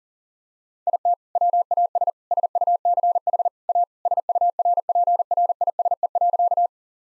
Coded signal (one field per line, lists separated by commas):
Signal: Morse code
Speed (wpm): 40 wpm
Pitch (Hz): 700 Hz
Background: none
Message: IT WAS SUCH A SURPRISE.